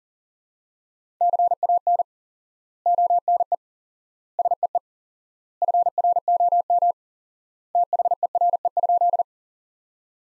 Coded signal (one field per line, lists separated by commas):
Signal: Morse code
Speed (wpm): 40 wpm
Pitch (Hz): 700 Hz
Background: none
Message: CAN ONE SEE FROM THERE?